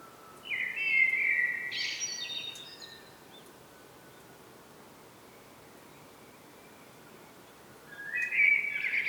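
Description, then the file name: Common blackbird singing a warbled phrase that breaks into high squeaky notes, then silence, then another phrase begins at the end. "Turdus merula"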